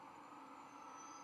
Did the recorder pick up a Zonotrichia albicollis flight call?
no